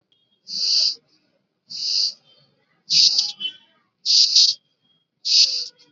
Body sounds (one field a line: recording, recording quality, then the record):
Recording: shallow breathing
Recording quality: excellent, no background noise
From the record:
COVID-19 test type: RT-PCR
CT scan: not taken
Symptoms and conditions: none ticked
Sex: female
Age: 24 years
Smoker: no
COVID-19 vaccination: both doses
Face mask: worn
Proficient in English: yes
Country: India